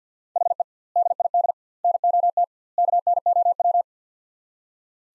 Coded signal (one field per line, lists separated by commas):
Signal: Morse code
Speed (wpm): 50 wpm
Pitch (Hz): 700 Hz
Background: none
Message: HE DID NOT KNOW